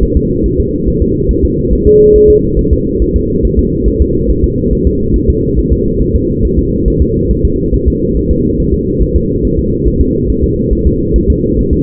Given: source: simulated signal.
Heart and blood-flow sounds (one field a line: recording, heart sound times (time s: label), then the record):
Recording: fetal heart sounds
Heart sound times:
0.03 s: S1
0.17 s: S2
0.46 s: S1
0.60 s: S2
0.88 s: S1
1.02 s: S2
1.31 s: S1
1.45 s: S2
1.73 s: S1
1.87 s: S2
2.16 s: S1
2.30 s: S2
2.59 s: S1
2.73 s: S2
3.02 s: S1
3.16 s: S2
3.45 s: S1
3.59 s: S2
3.88 s: S1
4.02 s: S2
4.30 s: S1
4.44 s: S2
4.73 s: S1
4.87 s: S2
5.16 s: S1
5.30 s: S2
5.58 s: S1
5.72 s: S2
6.01 s: S1
6.15 s: S2
6.45 s: S1
6.59 s: S2
6.88 s: S1
7.02 s: S2
7.31 s: S1
7.45 s: S2
7.74 s: S1
7.88 s: S2
8.17 s: S1
8.31 s: S2
8.60 s: S1
8.74 s: S2
9.02 s: S1
9.16 s: S2
9.45 s: S1
9.59 s: S2
9.88 s: S1
10.01 s: S2
10.30 s: S1
10.44 s: S2
10.73 s: S1
10.87 s: S2
11.16 s: S1
11.30 s: S2
11.59 s: S1
11.73 s: S2
From the record:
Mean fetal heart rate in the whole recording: 140 bpm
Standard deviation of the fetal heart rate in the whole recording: 2 bpm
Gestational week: 34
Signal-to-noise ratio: -10.2 dB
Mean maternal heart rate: 72 bpm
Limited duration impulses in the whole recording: present